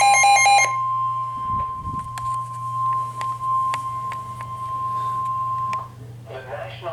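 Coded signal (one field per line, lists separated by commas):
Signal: Emergency Alert System (SAME) tones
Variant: 1050 Hz attention tone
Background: speech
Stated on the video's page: SAME tones received on a PRO-107 radio.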